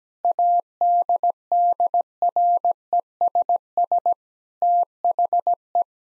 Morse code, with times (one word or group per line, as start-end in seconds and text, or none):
0.2-4.1 ADDRESS
4.6-5.8 THE